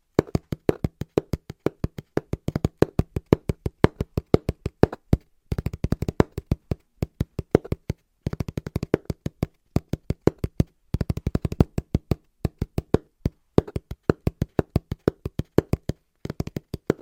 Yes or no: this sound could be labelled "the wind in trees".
no